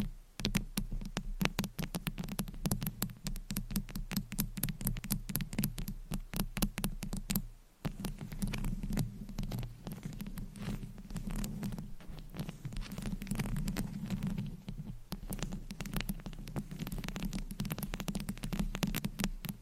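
Rapid scratching on a microphone, a dense run of quick crackly strokes that fills the whole stretch with few pauses. A steady low hum rumbles underneath. The scratching briefly drops out just before the eight-second mark and again around fifteen seconds before resuming.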